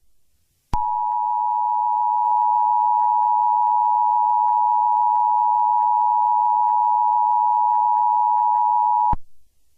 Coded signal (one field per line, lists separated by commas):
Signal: Emergency Alert System (SAME) tones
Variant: 853 and 960 Hz attention tone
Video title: Heartland Cataclysm (Eas Scenario)